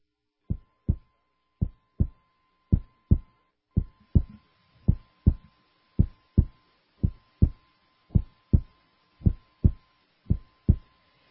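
Slow, regular paired low thumps, a clear lub-dub at about 55 beats a minute, with no extra sounds between beats. A faint steady high tone runs underneath. An ordinary heartbeat rhythm.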